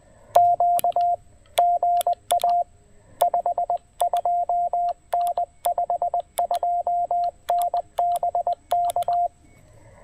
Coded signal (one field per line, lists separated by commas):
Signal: Morse code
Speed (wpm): 20 wpm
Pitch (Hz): 700 Hz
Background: radio noise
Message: Q GA 52N 52N BK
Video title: 20 Meters, QRP, & Canine Companions: A Relaxing POTA Afternoon at Table Rock